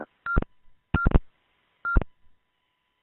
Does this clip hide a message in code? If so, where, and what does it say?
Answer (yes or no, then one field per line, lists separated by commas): no